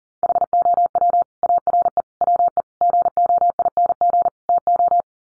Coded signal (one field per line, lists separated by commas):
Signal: Morse code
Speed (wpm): 40 wpm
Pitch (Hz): 700 Hz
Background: none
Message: HOW ARE WE GOING TO